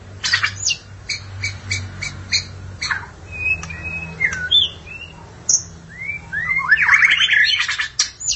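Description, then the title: Magpie-robin or shama song: varied whistled notes, slurred rising and falling phrases and sharp clicks, ending in a burst of rich warbling, with a low hum beneath. "BM Suara Burung Murai"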